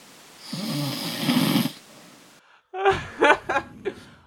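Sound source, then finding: Man asleep. Snoring.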